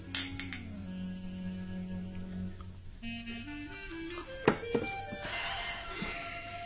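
Glasses clink together in a toast: two bright, sharp chinks a fraction of a second apart, ringing over a soft, steady bed of background music.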